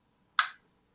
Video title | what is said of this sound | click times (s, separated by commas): Giginotosaurus-Hammond Collection Dinosaur Review (Jurassic Wolrd Dominion) | so you can have it in those two locked positions so that's pretty cool for posability | 0.4 s